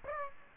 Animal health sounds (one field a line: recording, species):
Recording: mosquito wingbeat signal from an infrared sensor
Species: Aedes aegypti